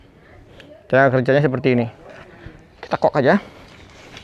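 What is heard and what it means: Someone talks while handling the cocking lever of a handmade wooden repeating crossbow, working it toward the latch mechanism, with faint soft handling ticks around 0.6 s and 4.2 s. Nothing has seated or clicked into place yet.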